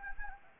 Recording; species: mosquito wingbeat signal from an infrared sensor; Anopheles arabiensis